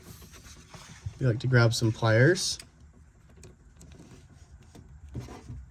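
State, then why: Not seated. Someone talks while a plastic wire tap connector is fitted over a wire on an 80 Series Land Cruiser / LX450 during a cargo light kit installation, with pliers to be used to squeeze it closed. After the talking, faint light handling taps and rustles follow. The connector is still being handled and nothing has clicked or seated yet.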